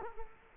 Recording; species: mosquito wingbeat signal from an infrared sensor; Culex quinquefasciatus